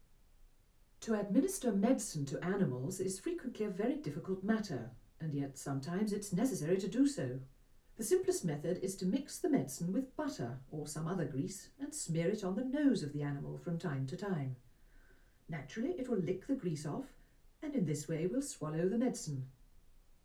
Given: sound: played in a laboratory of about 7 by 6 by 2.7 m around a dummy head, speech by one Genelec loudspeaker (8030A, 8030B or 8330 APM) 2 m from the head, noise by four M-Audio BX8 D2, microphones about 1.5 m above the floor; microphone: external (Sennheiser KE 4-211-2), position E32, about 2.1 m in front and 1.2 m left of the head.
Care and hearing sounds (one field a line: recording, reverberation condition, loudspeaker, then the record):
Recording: female speech in English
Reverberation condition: low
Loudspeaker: 90 degrees to the right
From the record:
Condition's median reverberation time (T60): about 310 ms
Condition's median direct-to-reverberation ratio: about 3.5 dB